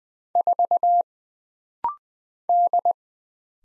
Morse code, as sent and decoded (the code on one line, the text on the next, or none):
....- / -..
4 D